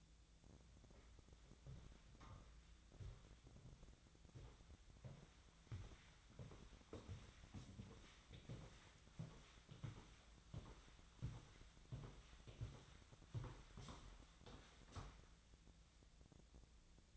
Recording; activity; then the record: daily activity, microphone in the room; walk to room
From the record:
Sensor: 3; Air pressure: 1010.1 hPa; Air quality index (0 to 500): 184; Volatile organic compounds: 13 ppm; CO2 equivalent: 2393 ppm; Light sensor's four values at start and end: 43/106/46/49 and 42/103/45/48